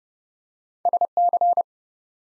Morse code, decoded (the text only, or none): SC